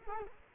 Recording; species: mosquito wingbeat signal from an infrared sensor; Culex quinquefasciatus